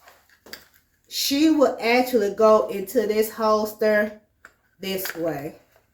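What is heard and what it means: A pistol is handled at a CrossBreed Reckoning hybrid concealed-carry inside-waistband holster with a polymer shell, with a few faint handling taps near the start, around 0.5 s, before someone talks for the rest of the clip. The pistol has not yet been pushed in, and nothing has seated or clicked yet.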